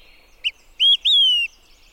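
Olive-sided Flycatcher song: three whistled notes, a short soft first, then a rising note and a longer slurred descending one, the familiar quick-three-beers pattern.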